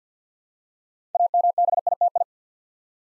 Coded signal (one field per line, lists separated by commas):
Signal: Morse code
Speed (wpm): 48 wpm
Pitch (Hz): 700 Hz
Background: none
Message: AMBITI